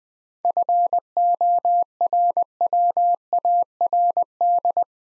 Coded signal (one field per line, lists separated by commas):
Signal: Morse code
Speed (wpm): 20 wpm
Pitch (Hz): 700 Hz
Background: none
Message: FORWARD